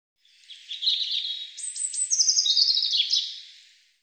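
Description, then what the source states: European robin song: a rapid, jumbled stream of high tinkling notes and trills rising and falling in pitch, lasting around three seconds. Cleaned and normalized.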